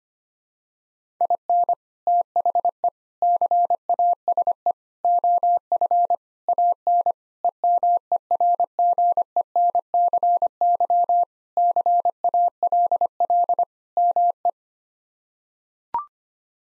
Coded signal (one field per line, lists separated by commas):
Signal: Morse code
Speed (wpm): 25 wpm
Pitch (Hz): 700 Hz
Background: none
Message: IN THE CASE OF AN EMERGENCY CALL ME